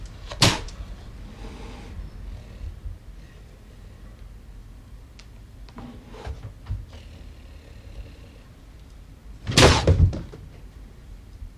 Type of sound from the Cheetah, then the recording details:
growling. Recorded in captivity. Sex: female. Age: adult. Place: Zoo Leipzig, Sachsen, DE. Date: 1977-09-14. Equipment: Nagra SN, Kopie Uher Variocord. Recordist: Tembrock, Günter